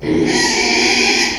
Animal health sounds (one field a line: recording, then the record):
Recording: squeal of a Yucatan mini pig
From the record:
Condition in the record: after surgery on the right vocal fold (resection and tissue-engineered implant)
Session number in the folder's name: 2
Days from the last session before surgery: 13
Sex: male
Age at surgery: 12 weeks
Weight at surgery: 13 kg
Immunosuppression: cyclosporine, prednisolone